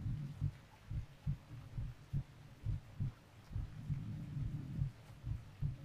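Heart. Normal, calm adult heartbeat, steady at about 69 beats per minute.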